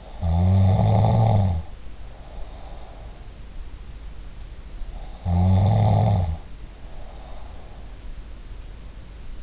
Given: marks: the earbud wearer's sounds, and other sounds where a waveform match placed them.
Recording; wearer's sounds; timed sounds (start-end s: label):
sounds in sleep by an in-ear microphone; snoring breath
0.00-3.22 s: snoring breath
4.96-7.80 s: snoring breath